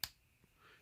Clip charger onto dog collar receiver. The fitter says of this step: set it in there like that, and you'll hear it snap